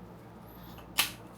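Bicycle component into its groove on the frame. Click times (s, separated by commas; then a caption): 1.0 s. A component on a folding e-bike is fitted into its groove on the frame and pushed downward. A single sharp click sounds at 1.0 s as it snaps home and seats, over a quiet low background.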